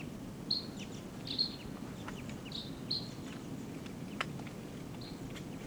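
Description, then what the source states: Red crossbill giving several short high calls at irregular intervals, with soft background noise. Wild type 2 bird, bird 725, giving test calls in a ponderosa pine near camp.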